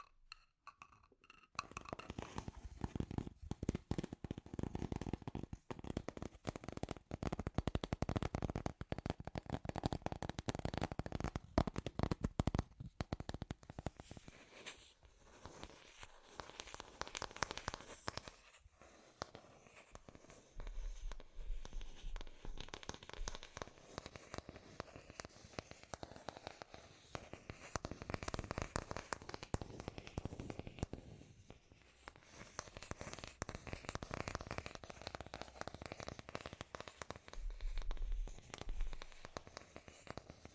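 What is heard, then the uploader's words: Dense scratchy tapping crackles almost nonstop, louder through the first half, with brief pauses near 15 and 19 seconds, dry. ASMR The Trigger You Need for Sleep Scratchy Tapping (No Talking).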